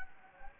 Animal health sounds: mosquito wingbeat signal from an infrared sensor; Anopheles gambiae

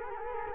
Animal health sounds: mosquito wingbeat signal from an infrared sensor; Culex quinquefasciatus

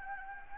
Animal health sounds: mosquito wingbeat signal from an infrared sensor; Anopheles gambiae

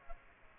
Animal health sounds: mosquito wingbeat signal from an infrared sensor; Aedes aegypti

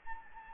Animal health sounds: mosquito wingbeat signal from an infrared sensor; Anopheles gambiae

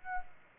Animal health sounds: mosquito wingbeat signal from an infrared sensor; Aedes aegypti

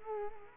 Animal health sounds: mosquito wingbeat signal from an infrared sensor; Culex quinquefasciatus

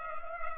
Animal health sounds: mosquito wingbeat signal from an infrared sensor; Culex pipiens

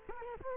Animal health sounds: mosquito wingbeat signal from an infrared sensor; Culex quinquefasciatus

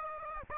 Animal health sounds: mosquito wingbeat signal from an infrared sensor; Aedes aegypti

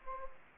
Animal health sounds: mosquito wingbeat signal from an infrared sensor; Anopheles gambiae

